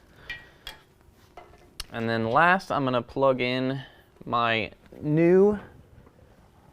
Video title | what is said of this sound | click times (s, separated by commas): How to Install ICI Magnum Rear Bumper on a 2017 Ford F-250 Super Duty | above our spare tire you should hear it click and then | 1.8 s